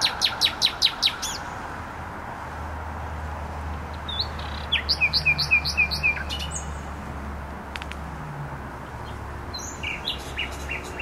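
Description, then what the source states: Nightingale song: a fast run of repeated notes, then another series of repeated notes and scattered notes, over constant motorway rumble. Singing in bushes close to a noisy motorway, Trasa Toruńska, Bródno-Podgrodzie, Warsaw, Poland; recorded with an Olympus LS-11.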